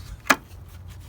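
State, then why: Released. While removing the radiator cooling fan on a 2004–2010 Toyota Sienna, the retaining clip that holds the transmission coolant line on the radiator/fan shroud is pushed down to release it. One sharp click is heard at 0.3 s over low background hum. The clip is not confirmed as released afterward.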